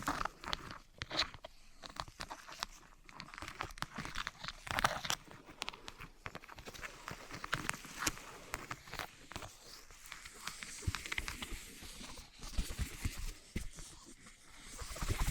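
Wood, cork, sponge, foam, glass and plastic are handled in a dense, irregular run of small taps, crunches and crackles. The sharp clicks stay bright and fairly quick throughout, with louder bursts near five and twelve seconds and again at the end.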